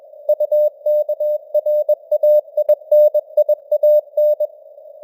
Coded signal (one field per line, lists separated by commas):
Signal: Morse code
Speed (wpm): 21 wpm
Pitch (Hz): 600 Hz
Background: none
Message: UKRAINIAN